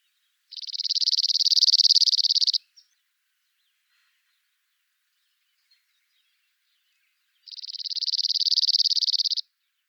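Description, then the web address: Cirl bunting giving a dry, rapid rattling trill on one high pitch, lasting about two seconds, then repeated once more after a silent gap of about five seconds. "emberiza cirlus call"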